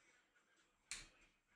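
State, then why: Partly seated. A DDR memory module is pressed into a motherboard DIMM slot against a faint background hiss. A single sharp latch click sounds at 0.9 s, and it is only one of the two expected clicks, so the stick has clicked in on one side only.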